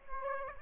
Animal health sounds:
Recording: mosquito wingbeat signal from an infrared sensor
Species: Aedes aegypti

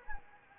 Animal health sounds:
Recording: mosquito wingbeat signal from an infrared sensor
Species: Anopheles gambiae

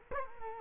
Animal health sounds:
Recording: mosquito wingbeat signal from an infrared sensor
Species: Culex quinquefasciatus

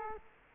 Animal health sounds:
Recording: mosquito wingbeat signal from an infrared sensor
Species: Culex quinquefasciatus

